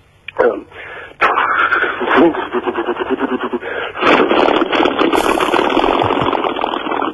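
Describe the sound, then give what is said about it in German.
A voice imitates an old American Plymouth Barracuda with a large-displacement V8 engine starting: a short cranking sputter, then a loud, rough rumble that revs and pulses unevenly for several seconds before surging again. “Das ist ein alter amerikanischer Wagen mit einem großvolumigen V8-Motor. Und wenn man den startet, hört sich das zum Beispiel dann so an.”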